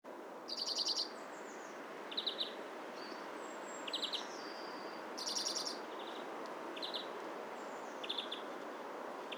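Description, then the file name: European greenfinch calls: brief rattling trills repeated every second or two, mixed with a few thin falling whistles, against constant background hiss. "Chloris chloris"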